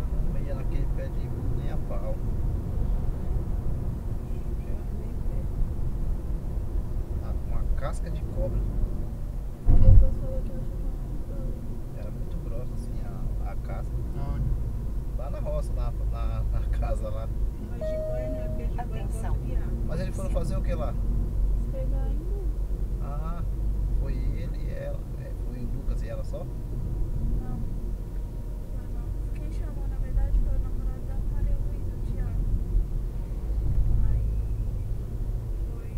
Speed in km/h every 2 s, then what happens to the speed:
66, 63, 62, 61, 59, 50, 48, 48, 49, 49, 47, 45, 45, 44, 43, 42, 40, 40.
0-36 slows to 40.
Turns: none.